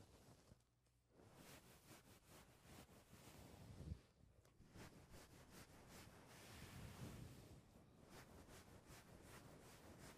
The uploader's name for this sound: mic touching